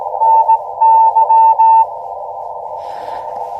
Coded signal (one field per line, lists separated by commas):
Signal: Morse code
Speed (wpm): 17 wpm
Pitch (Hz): 900 Hz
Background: radio noise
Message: NY